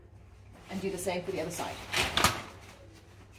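On a folding travel cot frame, the opposite side rail is lifted until its hinge lock clicks into place at 2.2 seconds, locking the second side the same way as the first. Someone talks over the handling, and a second sharp knock follows just after the click.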